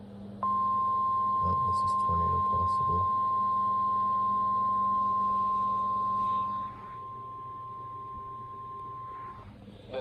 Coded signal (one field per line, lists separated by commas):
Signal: Emergency Alert System (SAME) tones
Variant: 1050 Hz attention tone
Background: speech